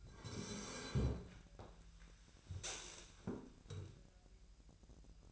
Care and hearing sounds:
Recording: daily activity, microphone in the room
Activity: sit down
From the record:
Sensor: 2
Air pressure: 1001.4 hPa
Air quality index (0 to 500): 241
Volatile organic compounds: 74 ppm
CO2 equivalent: 3558 ppm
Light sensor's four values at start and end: 8/20/8/9 and 11/26/11/11

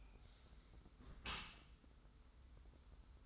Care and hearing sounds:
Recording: daily activity, microphone in the room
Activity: close dishwasher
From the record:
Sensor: 3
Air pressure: 991.3 hPa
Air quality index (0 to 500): 135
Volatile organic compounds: 225 ppm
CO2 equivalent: 4292 ppm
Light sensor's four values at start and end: 51/139/57/50 and 51/139/57/50

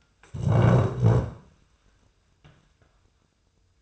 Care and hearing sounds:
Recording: daily activity, microphone in the room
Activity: stand up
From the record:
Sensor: 2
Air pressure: 1005.0 hPa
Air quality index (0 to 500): 100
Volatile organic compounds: 2 ppm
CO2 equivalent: 1213 ppm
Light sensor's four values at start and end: 8/19/8/8 and 7/17/7/7

